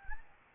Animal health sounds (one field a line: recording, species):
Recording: mosquito wingbeat signal from an infrared sensor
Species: Anopheles gambiae